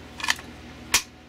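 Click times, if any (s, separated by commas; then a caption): 1.0 s. A plastic speedloader for a 5.56 rifle magazine is slid onto the top of the magazine, with a brief burst of scraping, rattling clicks around 0.2–0.3 s. A sharp, bright click at 0.9 s shows it locking into the notch, seated in place so it won't drop off.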